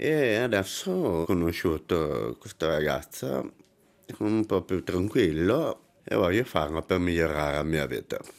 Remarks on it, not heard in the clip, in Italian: Che l'impianto non ce l'ha ancora che è sordo da tanti anni, porta solo le protesi. La loro voce non cambierà mai, non cambierà mai il modo di parlare, perché loro questo linguaggio lo hanno costruito prima dei 3 anni di vita, quando non sentivano bene con le protesi acustiche.